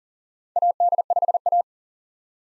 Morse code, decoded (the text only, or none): AD5A